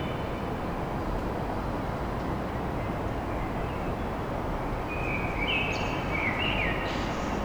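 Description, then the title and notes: Common blackbird giving one melodious whistled phrase that rises into a high twitter near the end, after seconds of only low continuous rumble. Blackbird song recorded at dawn in Paris. "Blackbird Poetry At Paris. Enregistrement d'un chant de merle à l'aube dans Paris"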